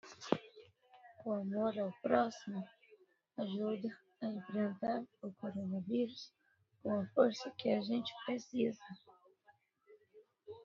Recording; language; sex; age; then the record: spoken sentence; Brazilian Portuguese; female; 20 to 29 years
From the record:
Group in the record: control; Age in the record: 27 years